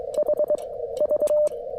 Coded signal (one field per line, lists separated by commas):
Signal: Morse code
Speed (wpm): 22 wpm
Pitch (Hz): 600 Hz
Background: none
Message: HV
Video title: Bug-Out Month POTA Activation! Bringing The 1985 Vibroplex Presentation Module To The Outdoors!